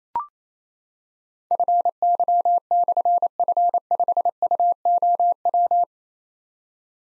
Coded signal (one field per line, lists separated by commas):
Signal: Morse code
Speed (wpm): 27 wpm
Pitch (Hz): 700 Hz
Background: none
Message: FY/F5UOW